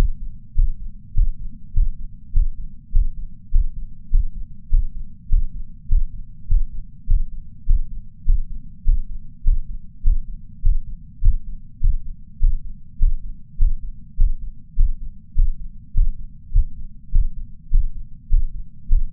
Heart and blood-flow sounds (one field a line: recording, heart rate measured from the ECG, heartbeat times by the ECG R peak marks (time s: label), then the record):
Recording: heart sounds by patch sensor on the chest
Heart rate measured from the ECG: 101 bpm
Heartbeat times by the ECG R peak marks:
0.55 s: heartbeat
1.14 s: heartbeat
1.73 s: heartbeat
2.33 s: heartbeat
2.92 s: heartbeat
3.51 s: heartbeat
4.10 s: heartbeat
4.70 s: heartbeat
5.29 s: heartbeat
5.88 s: heartbeat
6.47 s: heartbeat
7.07 s: heartbeat
7.66 s: heartbeat
8.25 s: heartbeat
8.84 s: heartbeat
9.43 s: heartbeat
10.03 s: heartbeat
10.62 s: heartbeat
11.21 s: heartbeat
11.80 s: heartbeat
12.39 s: heartbeat
12.98 s: heartbeat
13.57 s: heartbeat
14.17 s: heartbeat
14.76 s: heartbeat
15.40 s: heartbeat
15.93 s: heartbeat
16.53 s: heartbeat
17.11 s: heartbeat
17.70 s: heartbeat
18.29 s: heartbeat
18.88 s: heartbeat
From the record:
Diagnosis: coronary artery disease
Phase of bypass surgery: intraoperative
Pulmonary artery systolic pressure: 30 mmHg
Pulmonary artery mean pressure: 20 mmHg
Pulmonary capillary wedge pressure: 14 mmHg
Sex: male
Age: 62 years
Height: 165 cm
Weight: 72 kg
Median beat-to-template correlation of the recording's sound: 0.95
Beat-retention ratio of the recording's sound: 0.98